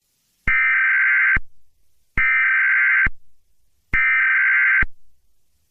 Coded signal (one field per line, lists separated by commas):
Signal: Emergency Alert System (SAME) tones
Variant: header bursts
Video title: LET ME IN (EAS Scenario)